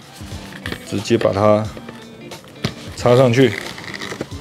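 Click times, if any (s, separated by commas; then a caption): none. A battery pack is handled at its slot under the waist frame of a Hypershell Go X / Pro X wearable exoskeleton, with short knocks and taps around 0.6–0.7 s, 2.6 s and 3.8–4.0 s. Someone talks over background music. The pack is not yet home, and nothing has seated or clicked yet.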